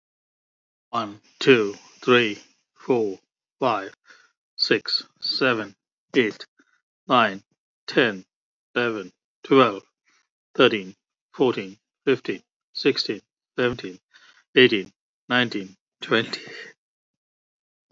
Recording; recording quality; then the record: counting at a normal pace; excellent, no background noise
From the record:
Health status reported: healthy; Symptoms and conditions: diabetes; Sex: male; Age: 54 years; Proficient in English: yes